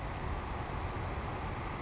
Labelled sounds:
Savannah Sparrow
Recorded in Sonoma County, California

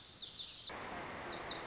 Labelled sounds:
Lazuli Bunting
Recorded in Sonoma County, California

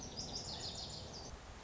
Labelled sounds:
Lazuli Bunting
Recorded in Sonoma County, California

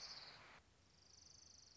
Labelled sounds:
Orange-crowned Warbler
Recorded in Sonoma County, California

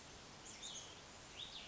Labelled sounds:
Cassin's Vireo
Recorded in Sonoma County, California

